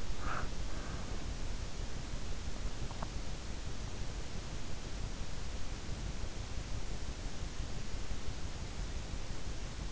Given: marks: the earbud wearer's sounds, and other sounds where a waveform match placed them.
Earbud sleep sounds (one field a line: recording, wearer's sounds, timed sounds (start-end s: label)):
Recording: sounds in sleep by an in-ear microphone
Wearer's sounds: breath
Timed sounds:
0.00-1.56 s: breath